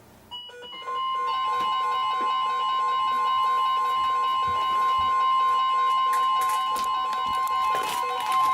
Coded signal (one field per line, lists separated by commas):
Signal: Emergency Alert System (SAME) tones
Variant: 1050 Hz attention tone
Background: music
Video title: EAS #887-#910: It rained again... | KHB36, WXM42, & KEC83